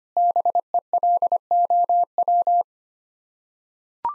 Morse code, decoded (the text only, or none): BELOW